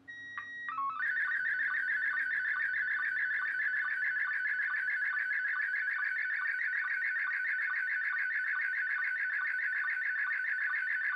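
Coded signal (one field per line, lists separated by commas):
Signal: SSTV (slow-scan television)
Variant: Robot 36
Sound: short calibration beeps, then a steady warbling whine with rapid regular ticks, through a handheld radio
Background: slight radio hiss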